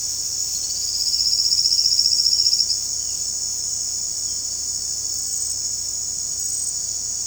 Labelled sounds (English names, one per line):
Silvered Antbird